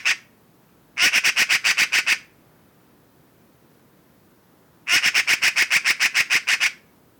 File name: eurasian magpie - pica pica